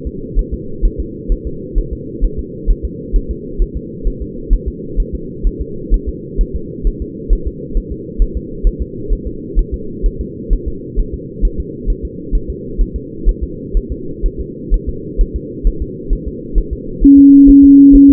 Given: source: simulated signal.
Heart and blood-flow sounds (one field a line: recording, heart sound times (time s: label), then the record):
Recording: fetal heart sounds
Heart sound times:
0.07 s: S2
0.39 s: S1
0.54 s: S2
0.85 s: S1
1.00 s: S2
1.32 s: S1
1.47 s: S2
1.78 s: S1
1.93 s: S2
2.25 s: S1
2.39 s: S2
2.70 s: S1
2.85 s: S2
3.16 s: S1
3.31 s: S2
3.62 s: S1
3.77 s: S2
4.07 s: S1
4.22 s: S2
4.53 s: S1
4.68 s: S2
5.00 s: S1
5.15 s: S2
5.47 s: S1
5.62 s: S2
5.94 s: S1
6.09 s: S2
6.41 s: S1
6.56 s: S2
6.87 s: S1
7.02 s: S2
7.33 s: S1
7.48 s: S2
7.77 s: S1
7.92 s: S2
8.22 s: S1
8.37 s: S2
8.67 s: S1
8.82 s: S2
9.12 s: S1
9.27 s: S2
9.59 s: S1
9.74 s: S2
10.06 s: S1
10.21 s: S2
10.53 s: S1
10.68 s: S2
11.00 s: S1
11.14 s: S2
11.45 s: S1
11.60 s: S2
11.90 s: S1
12.05 s: S2
12.35 s: S1
12.50 s: S2
12.81 s: S1
12.96 s: S2
13.29 s: S1
13.44 s: S2
13.77 s: S1
13.92 s: S2
14.26 s: S1
14.41 s: S2
14.74 s: S1
14.89 s: S2
15.21 s: S1
15.36 s: S2
15.67 s: S1
15.82 s: S2
16.13 s: S1
16.28 s: S2
16.58 s: S1
16.73 s: S2
17.04 s: S1
17.19 s: S2
17.49 s: S1
17.64 s: S2
17.95 s: S1
18.10 s: S2
From the record:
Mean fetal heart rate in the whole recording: 130 bpm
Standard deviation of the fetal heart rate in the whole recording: 4 bpm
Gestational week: 38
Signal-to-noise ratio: -4.3 dB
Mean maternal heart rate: 72 bpm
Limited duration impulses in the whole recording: present